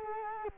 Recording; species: mosquito wingbeat signal from an infrared sensor; Culex quinquefasciatus